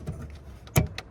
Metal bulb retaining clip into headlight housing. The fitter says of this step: Push it in and move it to the side so that the clip locks into place on both sides.